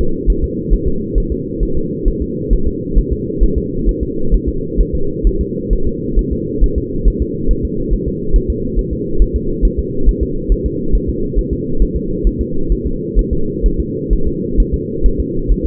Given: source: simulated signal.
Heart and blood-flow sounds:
fetal heart sounds
0.01 s: S2
0.30 s: S1
0.44 s: S2
0.74 s: S1
0.88 s: S2
1.18 s: S1
1.32 s: S2
1.63 s: S1
1.77 s: S2
2.08 s: S1
2.22 s: S2
2.53 s: S1
2.68 s: S2
2.98 s: S1
3.13 s: S2
3.44 s: S1
3.58 s: S2
3.89 s: S1
4.03 s: S2
4.34 s: S1
4.49 s: S2
4.81 s: S1
4.95 s: S2
5.27 s: S1
5.41 s: S2
5.73 s: S1
5.87 s: S2
6.19 s: S1
6.33 s: S2
6.64 s: S1
6.78 s: S2
7.08 s: S1
7.22 s: S2
7.51 s: S1
7.65 s: S2
7.94 s: S1
8.08 s: S2
8.36 s: S1
8.50 s: S2
8.79 s: S1
8.93 s: S2
9.22 s: S1
9.36 s: S2
9.65 s: S1
9.79 s: S2
10.09 s: S1
10.23 s: S2
10.52 s: S1
10.66 s: S2
10.95 s: S1
11.09 s: S2
11.39 s: S1
11.53 s: S2
11.82 s: S1
11.97 s: S2
12.27 s: S1
12.41 s: S2
12.72 s: S1
12.87 s: S2
13.19 s: S1
13.33 s: S2
13.66 s: S1
13.80 s: S2
14.13 s: S1
14.27 s: S2
14.60 s: S1
14.74 s: S2
15.06 s: S1
15.20 s: S2
15.52 s: S1
15.66 s: S2
From the record:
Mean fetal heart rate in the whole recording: 135 bpm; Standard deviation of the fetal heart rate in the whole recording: 3 bpm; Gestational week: 36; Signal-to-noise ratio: -8.1 dB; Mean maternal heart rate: 72 bpm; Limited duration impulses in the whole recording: absent

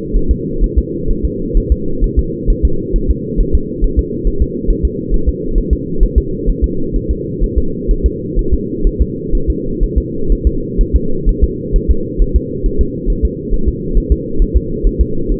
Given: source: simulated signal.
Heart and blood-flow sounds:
fetal heart sounds
0.16 s: S1
0.31 s: S2
0.64 s: S1
0.78 s: S2
1.11 s: S1
1.25 s: S2
1.57 s: S1
1.72 s: S2
2.04 s: S1
2.19 s: S2
2.50 s: S1
2.65 s: S2
2.96 s: S1
3.11 s: S2
3.41 s: S1
3.55 s: S2
3.84 s: S1
3.99 s: S2
4.27 s: S1
4.42 s: S2
4.70 s: S1
4.85 s: S2
5.14 s: S1
5.29 s: S2
5.58 s: S1
5.73 s: S2
6.03 s: S1
6.18 s: S2
6.49 s: S1
6.64 s: S2
6.96 s: S1
7.11 s: S2
7.44 s: S1
7.58 s: S2
7.91 s: S1
8.06 s: S2
8.39 s: S1
8.54 s: S2
8.87 s: S1
9.01 s: S2
9.35 s: S1
9.50 s: S2
9.83 s: S1
9.98 s: S2
10.32 s: S1
10.47 s: S2
10.81 s: S1
10.96 s: S2
11.29 s: S1
11.44 s: S2
11.76 s: S1
11.91 s: S2
12.22 s: S1
12.36 s: S2
12.66 s: S1
12.81 s: S2
13.10 s: S1
13.25 s: S2
13.54 s: S1
13.68 s: S2
13.98 s: S1
14.12 s: S2
14.42 s: S1
14.57 s: S2
14.87 s: S1
15.01 s: S2
15.32 s: S1
From the record:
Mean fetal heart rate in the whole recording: 130 bpm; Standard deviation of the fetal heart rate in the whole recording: 4 bpm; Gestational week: 38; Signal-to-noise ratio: -8.1 dB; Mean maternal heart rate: 72 bpm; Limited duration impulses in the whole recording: absent

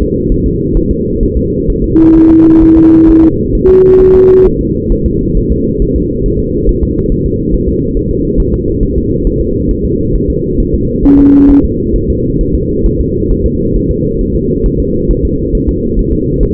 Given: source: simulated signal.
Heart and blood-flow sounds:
fetal heart sounds
0.02 s: S2
0.32 s: S1
0.46 s: S2
0.77 s: S1
0.91 s: S2
1.23 s: S1
1.37 s: S2
1.70 s: S1
1.84 s: S2
2.17 s: S1
2.31 s: S2
2.63 s: S1
2.77 s: S2
3.09 s: S1
3.23 s: S2
3.55 s: S1
3.69 s: S2
4.01 s: S1
4.15 s: S2
4.46 s: S1
4.61 s: S2
4.92 s: S1
5.06 s: S2
5.37 s: S1
5.52 s: S2
5.82 s: S1
5.96 s: S2
6.26 s: S1
6.40 s: S2
6.69 s: S1
6.83 s: S2
7.12 s: S1
7.26 s: S2
7.54 s: S1
7.69 s: S2
7.97 s: S1
8.11 s: S2
8.40 s: S1
8.54 s: S2
8.83 s: S1
8.97 s: S2
9.27 s: S1
9.41 s: S2
9.71 s: S1
9.85 s: S2
10.16 s: S1
10.30 s: S2
10.60 s: S1
10.74 s: S2
11.05 s: S1
11.19 s: S2
11.50 s: S1
11.65 s: S2
11.96 s: S1
12.10 s: S2
12.41 s: S1
12.55 s: S2
12.86 s: S1
13.00 s: S2
13.31 s: S1
13.46 s: S2
13.76 s: S1
13.91 s: S2
14.21 s: S1
14.35 s: S2
14.66 s: S1
14.80 s: S2
15.11 s: S1
15.25 s: S2
15.55 s: S1
15.69 s: S2
15.99 s: S1
16.13 s: S2
16.43 s: S1
From the record:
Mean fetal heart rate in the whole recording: 135 bpm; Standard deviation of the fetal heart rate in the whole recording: 3 bpm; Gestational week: 36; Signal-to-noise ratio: -14.7 dB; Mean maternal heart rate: 72 bpm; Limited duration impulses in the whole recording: present

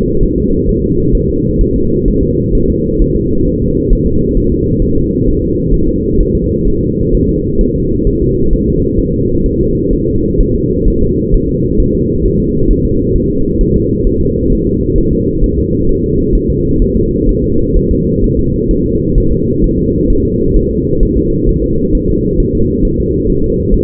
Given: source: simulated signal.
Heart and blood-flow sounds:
fetal heart sounds
0.23 s: S1
0.38 s: S2
0.69 s: S1
0.84 s: S2
1.15 s: S1
1.29 s: S2
1.61 s: S1
1.76 s: S2
2.08 s: S1
2.23 s: S2
2.55 s: S1
2.70 s: S2
3.02 s: S1
3.16 s: S2
3.47 s: S1
3.62 s: S2
3.93 s: S1
4.07 s: S2
4.37 s: S1
4.52 s: S2
4.82 s: S1
4.97 s: S2
5.27 s: S1
5.42 s: S2
5.74 s: S1
5.88 s: S2
6.20 s: S1
6.35 s: S2
6.68 s: S1
6.82 s: S2
7.15 s: S1
7.29 s: S2
7.61 s: S1
7.76 s: S2
8.07 s: S1
8.22 s: S2
8.53 s: S1
8.68 s: S2
9.00 s: S1
9.14 s: S2
9.46 s: S1
9.61 s: S2
9.93 s: S1
10.08 s: S2
10.41 s: S1
10.55 s: S2
10.88 s: S1
11.02 s: S2
11.34 s: S1
11.49 s: S2
11.80 s: S1
11.95 s: S2
12.25 s: S1
12.40 s: S2
12.71 s: S1
12.85 s: S2
13.16 s: S1
13.30 s: S2
13.61 s: S1
13.76 s: S2
14.07 s: S1
14.21 s: S2
14.52 s: S1
14.67 s: S2
14.98 s: S1
15.13 s: S2
15.44 s: S1
15.58 s: S2
15.89 s: S1
16.04 s: S2
16.35 s: S1
16.50 s: S2
16.82 s: S1
16.97 s: S2
17.29 s: S1
17.44 s: S2
17.76 s: S1
17.91 s: S2
18.24 s: S1
18.39 s: S2
18.71 s: S1
18.86 s: S2
19.18 s: S1
19.32 s: S2
19.64 s: S1
19.79 s: S2
20.10 s: S1
20.25 s: S2
20.56 s: S1
20.71 s: S2
21.03 s: S1
21.18 s: S2
21.49 s: S1
21.64 s: S2
21.95 s: S1
22.10 s: S2
22.40 s: S1
22.55 s: S2
22.85 s: S1
23.00 s: S2
23.30 s: S1
23.44 s: S2
23.74 s: S1
From the record:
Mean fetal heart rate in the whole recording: 130 bpm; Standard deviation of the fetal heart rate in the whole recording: 4 bpm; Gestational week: 38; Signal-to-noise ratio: -15.3 dB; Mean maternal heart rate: 72 bpm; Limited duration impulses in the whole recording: present

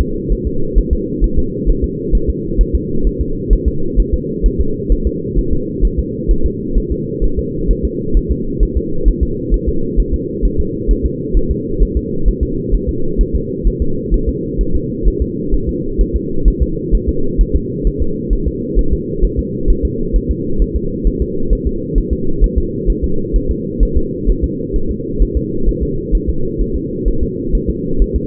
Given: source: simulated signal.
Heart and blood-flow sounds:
fetal heart sounds
0.01 s: S2
0.32 s: S1
0.47 s: S2
0.78 s: S1
0.93 s: S2
1.24 s: S1
1.39 s: S2
1.69 s: S1
1.84 s: S2
2.15 s: S1
2.30 s: S2
2.61 s: S1
2.75 s: S2
3.07 s: S1
3.21 s: S2
3.53 s: S1
3.68 s: S2
4.00 s: S1
4.14 s: S2
4.46 s: S1
4.60 s: S2
4.92 s: S1
5.07 s: S2
5.39 s: S1
5.53 s: S2
5.85 s: S1
5.99 s: S2
6.31 s: S1
6.46 s: S2
6.78 s: S1
6.92 s: S2
7.24 s: S1
7.39 s: S2
7.71 s: S1
7.85 s: S2
8.17 s: S1
8.31 s: S2
8.63 s: S1
8.77 s: S2
9.08 s: S1
9.23 s: S2
9.54 s: S1
9.68 s: S2
10.00 s: S1
10.14 s: S2
10.45 s: S1
10.60 s: S2
10.91 s: S1
11.06 s: S2
11.37 s: S1
11.51 s: S2
11.83 s: S1
11.97 s: S2
12.28 s: S1
12.43 s: S2
12.75 s: S1
12.89 s: S2
13.21 s: S1
13.35 s: S2
13.67 s: S1
13.82 s: S2
14.14 s: S1
14.29 s: S2
14.61 s: S1
14.75 s: S2
15.08 s: S1
15.22 s: S2
15.54 s: S1
15.69 s: S2
16.01 s: S1
16.16 s: S2
16.48 s: S1
16.62 s: S2
16.95 s: S1
17.09 s: S2
17.41 s: S1
17.56 s: S2
17.87 s: S1
18.02 s: S2
18.33 s: S1
18.48 s: S2
18.79 s: S1
18.93 s: S2
19.24 s: S1
19.39 s: S2
19.70 s: S1
19.85 s: S2
20.16 s: S1
20.31 s: S2
20.62 s: S1
20.76 s: S2
21.07 s: S1
21.22 s: S2
21.53 s: S1
21.67 s: S2
21.98 s: S1
22.13 s: S2
22.44 s: S1
22.58 s: S2
22.90 s: S1
23.04 s: S2
23.36 s: S1
23.51 s: S2
23.83 s: S1
23.97 s: S2
24.30 s: S1
24.44 s: S2
24.76 s: S1
24.91 s: S2
25.22 s: S1
25.37 s: S2
25.69 s: S1
25.83 s: S2
26.15 s: S1
26.29 s: S2
26.61 s: S1
26.76 s: S2
27.08 s: S1
27.23 s: S2
27.55 s: S1
27.70 s: S2
28.02 s: S1
28.16 s: S2
From the record:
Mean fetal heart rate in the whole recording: 130 bpm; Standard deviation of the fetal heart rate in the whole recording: 2 bpm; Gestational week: 36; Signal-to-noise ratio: -8.1 dB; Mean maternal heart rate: 72 bpm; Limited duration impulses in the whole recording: absent

